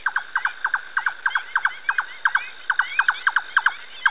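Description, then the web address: Bird song: quick paired downward-slurred notes repeated about three times a second, with thin higher squeaky notes overlapping. Spain. "ianr Birding Spain Songs"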